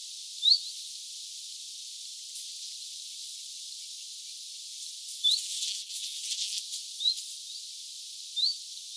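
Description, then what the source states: Common chiffchaff calls: short, high, rising whistled notes given singly at irregular gaps, with a brief patch of soft rustling noise in the middle. Two chiffchaffs, 6 September 2025.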